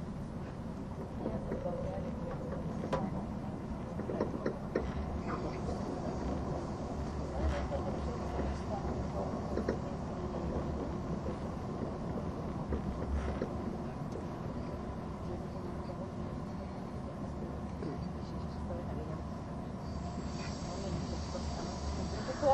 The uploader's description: the train on the Gotthard Tobasis Tunnel route